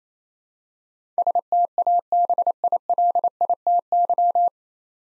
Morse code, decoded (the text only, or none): STABILITY